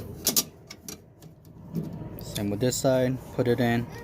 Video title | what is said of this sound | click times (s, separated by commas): 2014-2018 Silverado Sierra Locked Tailgate Handle | close to this side drop it down and then make sure it clicks | 0.3 s